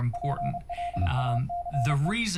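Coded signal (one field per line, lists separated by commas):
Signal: Morse code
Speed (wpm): 30 wpm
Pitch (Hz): 700 Hz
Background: speech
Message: PLACE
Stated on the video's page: Morse audio on a 33.7 kHz AM signal received over an IP stream, demodulated by a homebrew Rohde's AM detector receiver, played through a class D amplifier.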